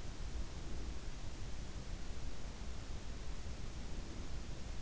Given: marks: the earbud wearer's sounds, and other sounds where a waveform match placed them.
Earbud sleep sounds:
sounds in sleep by an in-ear microphone; breath
0.32-1.18 s: breath

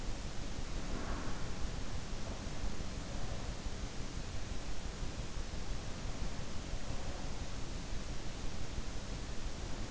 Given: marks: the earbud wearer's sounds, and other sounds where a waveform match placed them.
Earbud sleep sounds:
sounds in sleep by an in-ear microphone; breath
0.00-3.06 s: breath

